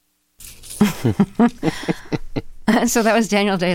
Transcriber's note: laughter